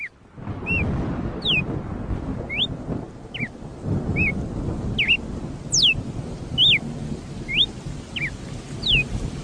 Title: Galo de Campina